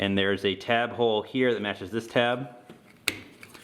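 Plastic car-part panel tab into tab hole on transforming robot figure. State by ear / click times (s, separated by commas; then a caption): seated / 3.1 s. Someone talks while a folded plastic car-part panel on a transforming robot figure is pressed so its plastic tab goes into the matching tab hole. A sharp click at 3.0 s marks the tab seating, followed by a faint tick around 3.4 s.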